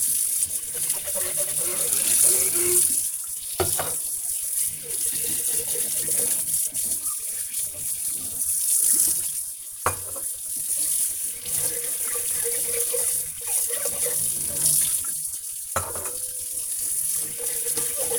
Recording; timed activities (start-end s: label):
household activities, microphone on the right wrist
0.00-18.19 s: washing dishes